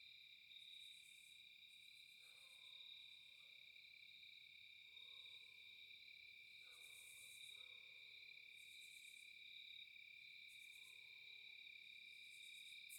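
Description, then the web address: Steady high cricket trills with throbbing upper bursts, joined by short harmonic lower calls near seconds two, five, seven and eleven. Night ambience at a cabin in a quiet forest, no wind. "Eiravaein Works - Vaeyan IV AMB,cabin,forest,night,crickets,quiet,fox,dogs,wildlife,nowind"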